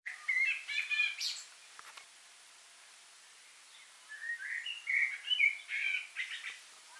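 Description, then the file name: Common blackbird song: a warbled phrase ending in squeaky notes, a pause of about two seconds, then a longer series of fluted whistles and twitters. "Turdus merula"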